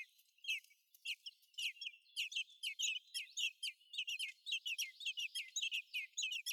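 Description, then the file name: Common blackbird calling with rapid, clipped chirps that tumble out in an irregular chattering series and grow busier toward the end. "Turdus merula"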